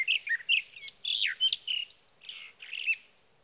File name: Sage Thrasher